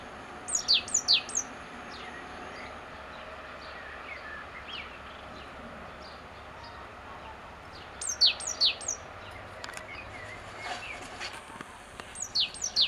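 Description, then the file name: Great tit calls in quick runs of three or four high, downward-sweeping notes, one burst early and two more late, over soft background hiss and faint chirping. "Parus major"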